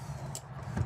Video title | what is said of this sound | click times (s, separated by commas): 2026 Winnebago EKKO 23B Built On The All Wheel Drive Sprinter Chassis | number one, will open in three stages. You'll hear those clicks | 0.4 s, 0.8 s